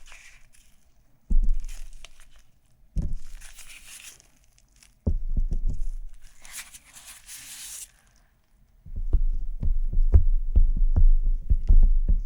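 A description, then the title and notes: Soft tapping and scratching on a surface, in short bursts separated by brief silences. Dull low thuds start each burst, with dry crinkly scratching above them, and the last few seconds turn to a steady run of quick light taps. Touching & Tapping Your Face (No Talking) Camera Tapping, Scratching, etc.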